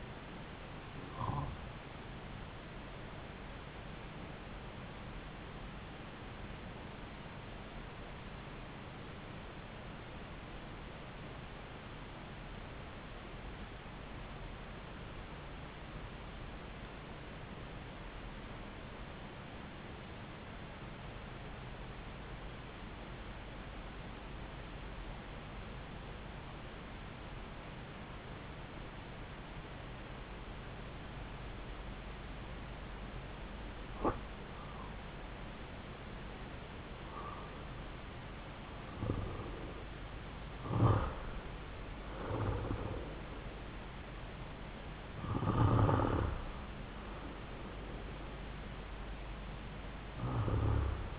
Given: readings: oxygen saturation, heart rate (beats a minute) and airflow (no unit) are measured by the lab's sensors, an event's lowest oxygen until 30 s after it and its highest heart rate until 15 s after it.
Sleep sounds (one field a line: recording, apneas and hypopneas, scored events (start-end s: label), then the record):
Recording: breathing in sleep by a voice recorder at the bedside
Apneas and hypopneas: 1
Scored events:
7.00-33.80 s: obstructive apnea (REM, oxygen 95% highest, then 87% lowest)
From the record:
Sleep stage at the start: REM sleep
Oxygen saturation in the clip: 88 to 95%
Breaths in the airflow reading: 4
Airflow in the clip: -7.0 to 8.3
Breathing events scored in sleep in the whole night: 270 in 6.1 hours asleep